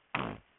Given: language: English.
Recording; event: throat vibration sensor signal played as sound; throat clearing